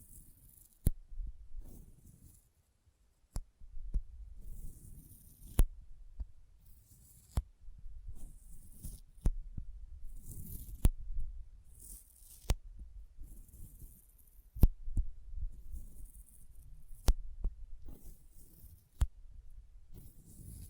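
Sticky finger sounds: low, soft squelching and rubbing swells in repeated bursts, punctuated by sharp, bright clicks or pops roughly every two seconds, some with a hissy sizzle on top. Short silent gaps separate several of the bursts.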